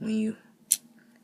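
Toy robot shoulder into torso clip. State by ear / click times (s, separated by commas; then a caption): seated / 0.7 s. Someone talks, then the plastic shoulder joint of a Transformers Prime Robots in Disguise Ratchet robot toy is pushed into its clip slot on the torso while transforming it. A single sharp, loud click at 0.7 s shows the shoulder has clipped into place.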